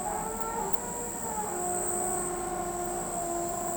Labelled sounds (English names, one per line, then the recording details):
none
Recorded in pastures near Pivijay, Magdalena, Colombia, on 17 April 2023 at 02:00
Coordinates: 10.456, -74.369
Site P6-G026